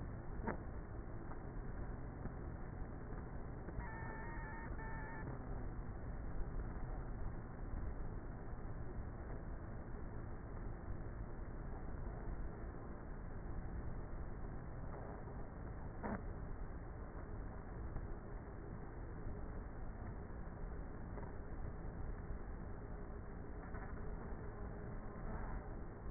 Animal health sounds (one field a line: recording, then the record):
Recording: honeybee colony, microphone inside the hive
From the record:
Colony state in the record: queenless with a low population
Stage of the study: before two queens were removed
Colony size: about 30,000 bees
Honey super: no